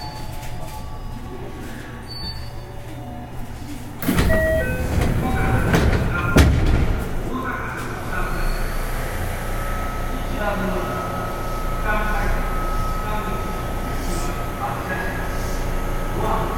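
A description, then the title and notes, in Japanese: A 207 series electric train running, with a steady low rumble throughout. Around four seconds a loud burst of clattering and rushing noise sets in, peaking near six to seven seconds, then settles into a humming ride with a sustained whine and occasional voices. JR西日本 207系電車の走行音です。学研都市線からJR東西線へ直通する区間快速列車にて収録しました。区間は、放出から尼崎までです。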